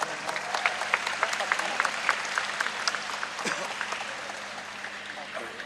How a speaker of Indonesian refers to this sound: Yang ya tepuk tangan.